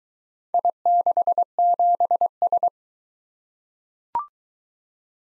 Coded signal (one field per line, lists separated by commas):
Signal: Morse code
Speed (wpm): 23 wpm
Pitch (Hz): 700 Hz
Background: none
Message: I67S